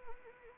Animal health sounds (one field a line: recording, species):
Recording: mosquito wingbeat signal from an infrared sensor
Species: Anopheles arabiensis